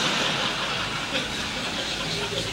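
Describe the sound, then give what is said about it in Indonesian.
A car engine runs with a ticking noise over a steady, even rumble and broad hiss that holds at a constant loudness from start to finish. “Orang duk mengaji bunyi tok tek tok tek kereta siapa tak?”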